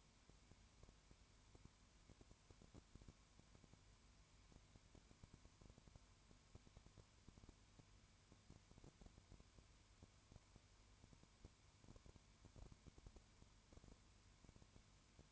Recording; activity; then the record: daily activity, microphone in the room; no activity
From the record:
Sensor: 2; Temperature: 20.0 degrees Celsius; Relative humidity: 32.0%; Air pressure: 1001.2 hPa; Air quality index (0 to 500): 55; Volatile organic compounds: 1 ppm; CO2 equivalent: 604 ppm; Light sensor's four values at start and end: 2/3/2/2 and 2/3/2/2